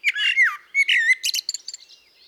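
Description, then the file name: Common blackbird singing a mellow whistled phrase of several rich notes, ending in a series of thin, high squeaky chips that trail off. "Turdus merula"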